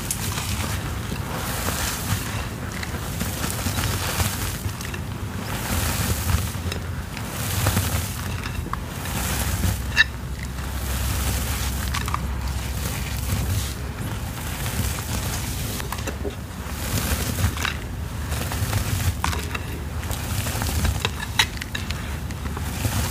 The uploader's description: Crushing gym chalk sounds, ASMR powder play, water sounds, pouring sounds